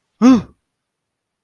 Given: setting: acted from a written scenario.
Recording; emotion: vocal sound without words; negative surprise